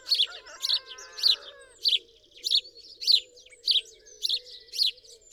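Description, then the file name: House sparrow chirping, loud, harsh chirps repeated about twice a second, with a low steady hum and some faint sliding whistles beneath. "Passer domesticus"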